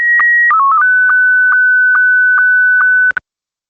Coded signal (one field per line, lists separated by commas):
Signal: SSTV (slow-scan television)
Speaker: the ongoing thing is the image that's being sent. So once more.